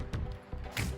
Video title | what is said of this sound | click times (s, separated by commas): Windshield Wipers - How To Install - HYUNDAI Santa Fe - Rain X - #rainx | until it snaps in place just like that it snaps you'll feel it it locks it in place and | 0.1 s